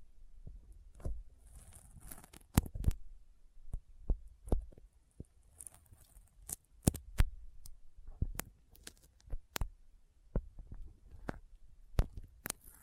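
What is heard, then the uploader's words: Sticky fingers make a run of sharp, tacky clicks and pops, some single, some in quick pairs, scattered unevenly across the whole stretch. Between them come softer smacking and peeling sounds, with a low dull thump under several of the louder snaps. ASMR Intense Sticky Finger Sounds (No Talking).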